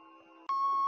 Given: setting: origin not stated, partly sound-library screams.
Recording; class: one-second piece from a danger detection set; woman in danger